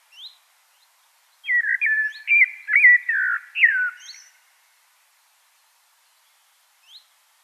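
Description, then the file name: Common blackbird song: one continuous fluty, warbled phrase of about three seconds, then quiet apart from a faint high note. "Turdus merula"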